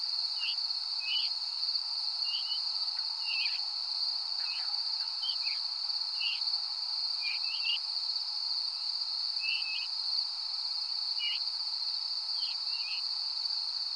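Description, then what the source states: Veery uttering a long series of short falling and slurred call notes at irregular intervals, with an unbroken high-pitched insect hum throughout. Recorded at Danby on 13 August 2020 at 05:30; descending call type.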